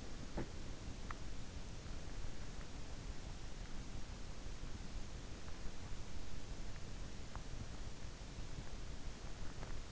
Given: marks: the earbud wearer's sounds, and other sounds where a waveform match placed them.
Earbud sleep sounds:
sounds in sleep by an in-ear microphone; teeth grinding
0.00-1.39 s: teeth grinding

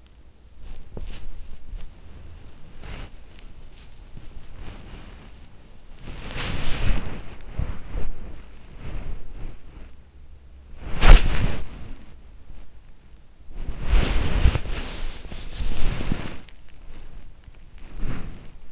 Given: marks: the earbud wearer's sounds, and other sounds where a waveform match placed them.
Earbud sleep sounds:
sounds in sleep by an in-ear microphone; body movement
0.56-18.72 s: body movement

